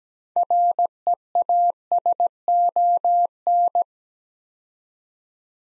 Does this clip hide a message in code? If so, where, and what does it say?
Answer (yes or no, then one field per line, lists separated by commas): yes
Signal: Morse code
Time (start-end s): 0.4-3.8 s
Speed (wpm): 17 wpm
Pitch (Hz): 700 Hz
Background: none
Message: REASON